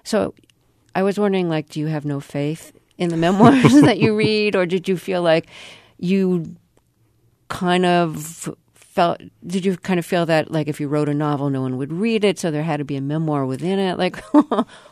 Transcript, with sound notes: So I was wondering, like, do you have no faith in the memoirs...
(LAUGHTER)
...That you read, or did you feel like you kind of felt - did you kind of feel that, like, if you wrote a novel, no one would read it, so there had to be a memoir within it?